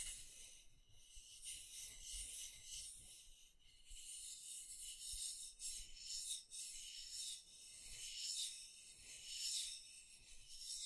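Makeup being scratched and rubbed, a continuous bright raspy scraping with uneven swells and brief dips, plus soft low knocks scattered throughout.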